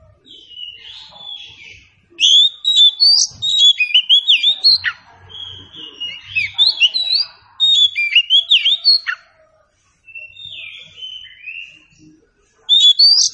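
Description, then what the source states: Oriental Magpie-Robin song, a long run of loud, varied whistled phrases mixed with scratchy notes and sustained whistles, broken by short quiet gaps. Meant to prompt a bird to sing in reply.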